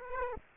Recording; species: mosquito wingbeat signal from an infrared sensor; Aedes aegypti